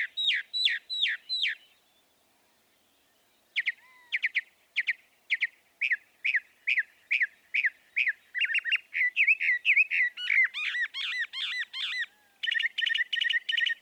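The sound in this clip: Northern mockingbird song: a quick run of notes, a silence, then long sequences of repeated sharp chips and squeaky varied phrases, each type repeated several times.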